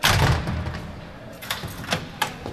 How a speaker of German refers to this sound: Eine Beamtin schließt mehrere Türen auf und wieder zu.